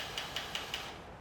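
A Kincrome Ezi Riv-Nut nut riveter drill attachment, driven slowly in reverse by a cordless drill, has its internal clutch slip with four evenly spaced, sharp clicks at 0.2, 0.4, 0.6 and 0.7 seconds over a steady hiss. The clicking shows the steel mandrel is fully extended and ready to take a nut rivet.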